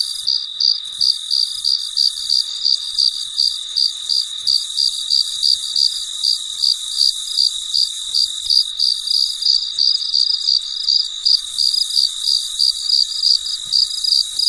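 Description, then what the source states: Cricket chirping, a long series of quick high pulsed notes near three per second, with a steady background insect hiss. Late at night in a very quiet setting.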